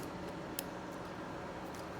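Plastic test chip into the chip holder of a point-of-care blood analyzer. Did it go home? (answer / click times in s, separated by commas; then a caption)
yes / 0.6 s. A plastic test chip, with its blue film removed, has its three notches lined up with the notch on the chip holder of an MNChip M4 point-of-care blood analyzer and is rotated or pushed in. Against a steady low background hum, a single short, sharp click sounds at 0.6 s, and the chip is seated in place.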